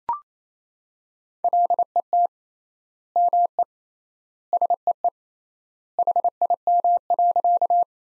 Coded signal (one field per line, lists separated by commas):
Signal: Morse code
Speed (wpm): 27 wpm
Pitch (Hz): 700 Hz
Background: none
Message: LET ME SEE HIM.